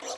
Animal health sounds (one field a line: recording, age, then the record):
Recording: pig call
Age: piglet (1 to 25 days)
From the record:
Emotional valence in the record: negative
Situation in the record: fighting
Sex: male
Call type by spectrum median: low-frequency call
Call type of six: low-frequency tonal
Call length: 0.18 s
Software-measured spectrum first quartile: 683 Hz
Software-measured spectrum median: 2157 Hz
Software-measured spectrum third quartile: 5402 Hz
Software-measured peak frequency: 505 Hz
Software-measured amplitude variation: 101 dB a second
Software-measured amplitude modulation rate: 13.7 a second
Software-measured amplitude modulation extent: 7.4 dB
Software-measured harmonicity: 2.0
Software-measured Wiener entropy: -1.81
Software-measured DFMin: 1141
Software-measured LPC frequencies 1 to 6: 625, 1140, 2069, 2975, 3706, 4281 Hz